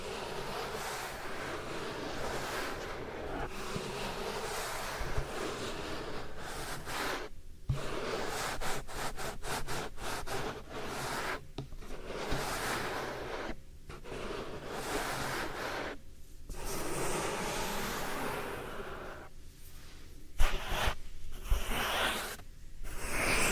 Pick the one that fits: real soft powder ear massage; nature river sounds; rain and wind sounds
real soft powder ear massage